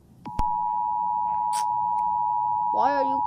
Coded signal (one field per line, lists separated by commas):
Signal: Emergency Alert System (SAME) tones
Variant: 853 and 960 Hz attention tone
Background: speech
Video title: All of North America's eas alarms